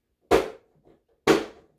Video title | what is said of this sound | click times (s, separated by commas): Seed Starting is Easy @YourGrowfriend | Just snaps right into place. | 1.3 s